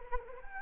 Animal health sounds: mosquito wingbeat signal from an infrared sensor; Anopheles arabiensis

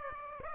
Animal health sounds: mosquito wingbeat signal from an infrared sensor; Aedes aegypti

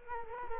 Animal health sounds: mosquito wingbeat signal from an infrared sensor; Culex quinquefasciatus

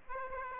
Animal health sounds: mosquito wingbeat signal from an infrared sensor; Aedes aegypti

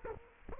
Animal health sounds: mosquito wingbeat signal from an infrared sensor; Culex quinquefasciatus

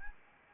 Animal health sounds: mosquito wingbeat signal from an infrared sensor; Anopheles arabiensis

